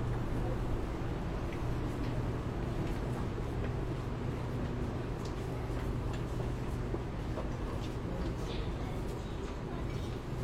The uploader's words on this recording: Cooling in Metro, Shenzhen. 深圳地铁冷气开得很足. 那天下午三四点的样子，我从地铁 1 号线鲤鱼门站上车. 地铁里没什么人，很干净，很凉快，然后录下了这段音频。